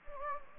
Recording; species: mosquito wingbeat signal from an infrared sensor; Anopheles gambiae